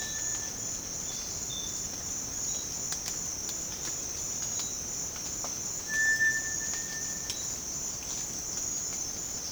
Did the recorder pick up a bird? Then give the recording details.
no. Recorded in dense forest near Puerto Asís, Putumayo, Colombia, on 25 June 2025 at 06:30. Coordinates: 0.486, -76.317. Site G065